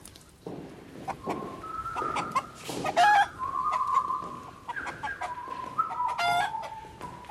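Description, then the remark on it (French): Several black hens in a slatted crate cluck and squawk together in a busy, overlapping chorus, with drawn-out mid-pitched calls rising over rapid clucks and scratchy rustling throughout. “Une caisse à claire-voie, pleine de poules.”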